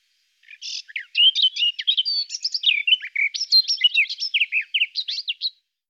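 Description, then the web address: Garden warbler song: one long, rapid, rippling warble of rich mixed notes lasting about five seconds, steady and flowing without pause, with no other sounds. "IVN Zangvogels. Tuinfluiter"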